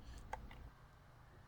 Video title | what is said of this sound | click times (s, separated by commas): Installing and Troubleshooting a Nayax Card Reader on my Mini Claw Machine. | satisfying click when that goes in. Right. | 0.3 s